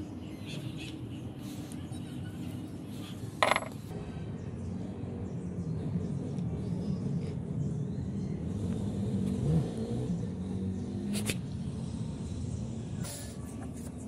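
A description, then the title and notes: A forge roars with a steady, dense low rumble throughout, like a blower feeding the fire. Sharp metallic clanks cut through at about 3.5 seconds and again near 11 and 13 seconds, with faint scraping and shop noise underneath. Forging POSEIDON'S TRIDENT Out of Rusty Hook.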